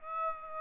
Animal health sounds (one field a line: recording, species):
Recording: mosquito wingbeat signal from an infrared sensor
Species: Aedes aegypti